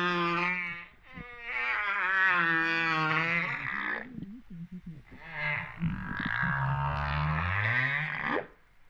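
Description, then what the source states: Humpback whale calls: long harmonic wails, then broken grunts, then another harmonic wail over a low rising sweep. Recorded off Réunion on 13 September 2011 at 08:35:04.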